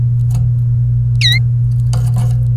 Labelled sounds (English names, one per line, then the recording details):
Domestic Canary song
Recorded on 28 April 2018 at 14:10
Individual llb3